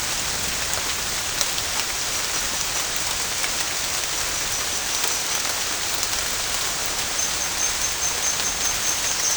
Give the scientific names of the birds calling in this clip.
none